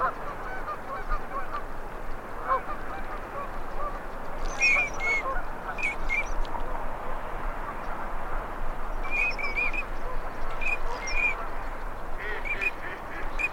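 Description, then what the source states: Ducks giving brief clusters of sharp high whistled notes over steady background noise and a low rumble. Male and female migratory ducks.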